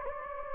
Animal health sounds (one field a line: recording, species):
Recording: mosquito wingbeat signal from an infrared sensor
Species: Anopheles gambiae